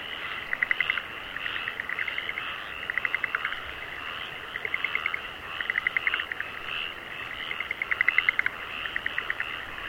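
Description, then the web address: Many frogs croaking, short clattering pulse trains repeated throughout, layered over a steady hum of a large chorus. Frogs in rice fields in Aomori, Japan. "Sound Effects-Foundation 1 ANIMAL FROGS AOMORI RICE FIELDS"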